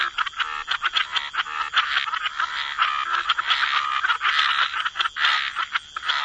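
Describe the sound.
Many frogs croaking at once, a busy pulsing chorus of rattling calls with quick rhythmic bursts.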